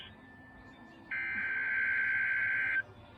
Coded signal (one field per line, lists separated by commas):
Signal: Emergency Alert System (SAME) tones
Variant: header bursts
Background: speech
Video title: EAS 170-171 CAE (2/17/24)